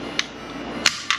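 The spring-loaded kill bar of a Victor Power Kill plastic snap rat trap is pushed down until it catches on its trigger latch. Short, sharp plastic clicks sound at about 0.2 s, 0.9 s and 1.1 s, with the loudest at 0.9 s being the bar latching into its set position. The trap is set.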